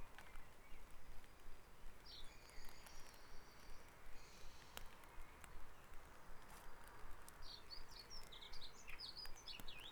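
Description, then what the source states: Birds singing in a dawn chorus, with high chirping and twittering phrases early on and a quick burst of sharp, jumbled notes near the end over steady low background rumble. Dawn chorus recorded at Back Dragon Avenue, Harrogate, as part of a sound map of Harrogate.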